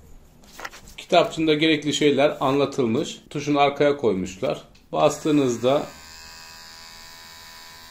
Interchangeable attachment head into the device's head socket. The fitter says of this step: Tık diye geçiyor.